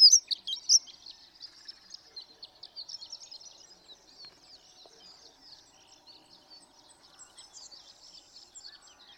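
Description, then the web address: Horned lark song opening with a few sharp high notes, then trailing off into a faint, thin twittering ripple. "birdsongforthecurious Horned Lark"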